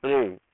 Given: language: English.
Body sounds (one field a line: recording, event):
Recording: throat vibration sensor signal played as sound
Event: speech